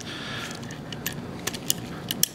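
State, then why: Seated. The steel ramrod loading lever of an antique 1862 percussion revolver is unlocked, cycled, lined up and pushed home under the barrel. A run of light metallic ticks and clicks near 0.9, 1.1, 1.5, 1.7 and 2.1 seconds leads to the sharpest metallic click at 2.2 seconds. At that click the lever latches and locks back in place, snug with nothing loose.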